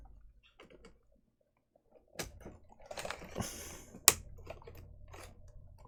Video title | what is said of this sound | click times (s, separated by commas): Laptop keyboard replacement - How to step by step Do and Don'ts | can hear the snaps pushing in keyboard | 4.1 s